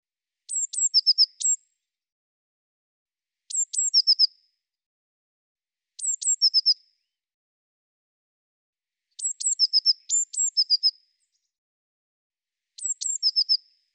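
Eurasian blue tit song: two very high thin notes followed by a quick run of lower notes, phrases repeated every one to three seconds against a silent background.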